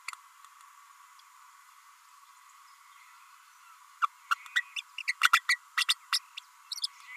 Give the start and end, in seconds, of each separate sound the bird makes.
4.01-4.06, 4.55-4.62, 4.76-4.82, 5.07-5.14, 5.23-5.30, 5.32-5.41, 5.49-5.58, 5.77-5.85, 5.88-5.94, 6.12-6.19, 6.82-6.87